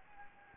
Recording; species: mosquito wingbeat signal from an infrared sensor; Anopheles gambiae